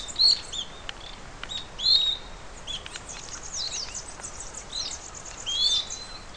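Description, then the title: Bird song: high, thin whistles and quick chirps, some sliding downward, scattered irregularly over steady background hiss. "LuckyPassaro Completos2Sama"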